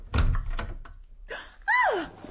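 A few dull knocks and rattles, like a lock being worked, then a door swings open with a loud, high creak of the hinges that slides downward in pitch.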